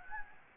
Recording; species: mosquito wingbeat signal from an infrared sensor; Anopheles gambiae